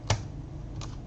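The flap of a handmade paper mini album, held by two small magnets, is closed onto the album cover and snaps shut with a sharp clack at 0.1 s, followed by a fainter click at 0.8 s. The magnetic clasp seats firmly shut.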